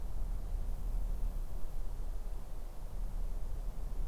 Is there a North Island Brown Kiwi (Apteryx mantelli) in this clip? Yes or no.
no